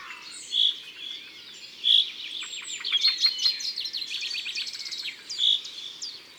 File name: Pinson des arbres ABC des chants doiseaux